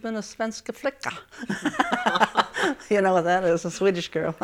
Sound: they laugh

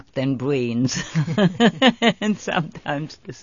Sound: they laugh

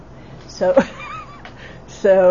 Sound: laughs

